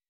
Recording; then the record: hydrophone in a shrimp aquaculture tank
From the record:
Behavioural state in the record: weakened